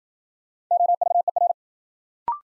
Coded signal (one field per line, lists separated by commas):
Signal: Morse code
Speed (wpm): 53 wpm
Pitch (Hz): 700 Hz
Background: none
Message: OVER